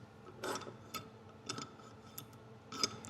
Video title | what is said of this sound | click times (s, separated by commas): When you ask an Engineer to Restore a Vise | And there we go. Nice clicky positive stops. | 1.0 s, 1.5 s, 2.2 s, 2.8 s